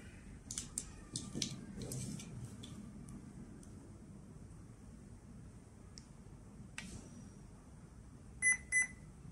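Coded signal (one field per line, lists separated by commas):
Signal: beep code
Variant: brushed ESC motor beeps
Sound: quiet room rustling, then two short high beeps near the end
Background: handling noise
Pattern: 2 short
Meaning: Throttle high point registered; move throttle to neutral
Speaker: the motor beeps twice after two beeps push the throttle to the noise position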